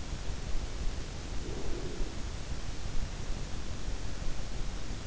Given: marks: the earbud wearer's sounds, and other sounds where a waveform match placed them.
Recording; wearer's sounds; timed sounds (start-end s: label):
sounds in sleep by an in-ear microphone; breath
0.41-3.26 s: breath